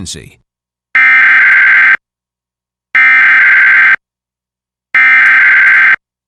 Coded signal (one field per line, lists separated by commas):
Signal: Emergency Alert System (SAME) tones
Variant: header bursts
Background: speech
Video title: EAS #697: EAS Required Monthly Test- Sep. 10, 2022- 8:45PM PDT